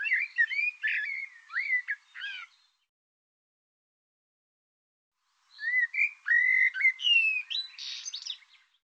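Bird singing two phrases of quick whistled notes separated by about three seconds of silence; the second phrase includes a buzzy burst.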